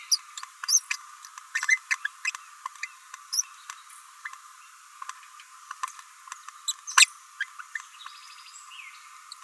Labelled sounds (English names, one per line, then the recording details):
Green-rumped Parrotlet babbling
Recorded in a nest box in Venezuela
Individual 18B17A4